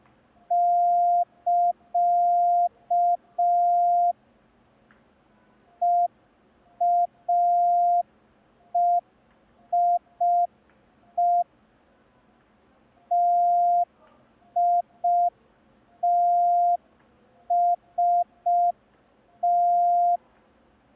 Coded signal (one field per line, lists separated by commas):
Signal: Morse code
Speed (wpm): 5 wpm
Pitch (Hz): 700 Hz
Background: none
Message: <KA> EAEIE TITST